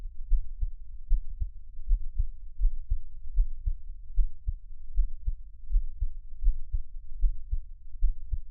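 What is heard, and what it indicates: Close-miked adult heartbeat with frequent skipped beats, giving an irregular rhythm at about 76 beats per minute, low-pitched thumps with no talking.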